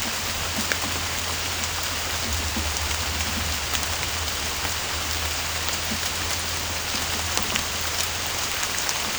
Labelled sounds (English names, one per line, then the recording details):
none
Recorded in dense forest near Puerto Asís, Putumayo, Colombia, on 22 December 2024 at 18:00
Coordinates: 0.481, -76.323
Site G100